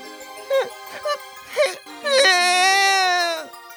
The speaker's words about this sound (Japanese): あれ？マグロくん、また泣いてるの？